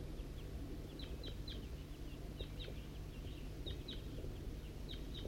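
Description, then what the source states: Crossbill calls: short, sharp chirping notes given in quick pairs and small clusters throughout, thin and high above a steady low rumble. Numbered bird responding at 8:21 to wild crossbills arriving from the east, perhaps a flock or just one bird.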